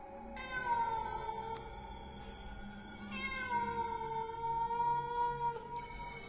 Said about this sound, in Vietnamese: Ông Thức bị con mèo đen phá rối, cầm lá bùa ném thẳng đến chỗ con mèo. Con mèo ai oán, gào lên, nhảy ngược ra đằng sau.